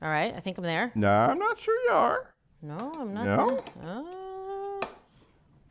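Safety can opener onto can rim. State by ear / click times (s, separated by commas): seated / 4.8 s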